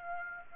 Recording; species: mosquito wingbeat signal from an infrared sensor; Aedes aegypti